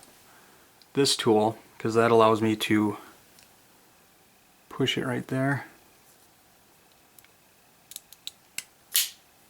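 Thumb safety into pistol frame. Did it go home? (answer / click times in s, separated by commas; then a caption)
yes / 9.0 s. Someone talks while pressing a thumb safety into a steel 1911 pistol frame, using a tool that holds down the spring-loaded plunger. A few light clicks come from about 7.9 to 8.6 seconds, then the safety snaps into the frame with a sharp click at 9.0 seconds and is seated.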